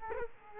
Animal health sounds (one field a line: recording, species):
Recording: mosquito wingbeat signal from an infrared sensor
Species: Culex quinquefasciatus